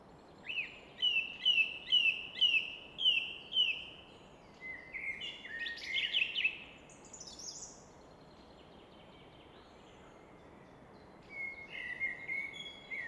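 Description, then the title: Common nightingale song opening with a series of loud repeated upslurred notes, then a churring trill, a pause, and a softer phrase over continuous rushing noise. Evening in Fläsch, Switzerland; rushing of the Rhine reflected off a rock face in the background; recorded with Fostex FR2 and MKH 800. "Fläsch, Schweiz - Abendstimmung Nachtigall"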